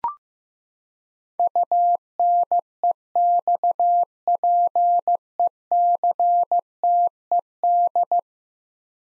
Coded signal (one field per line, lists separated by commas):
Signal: Morse code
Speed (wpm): 16 wpm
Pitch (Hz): 700 Hz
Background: none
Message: UNEXPECTED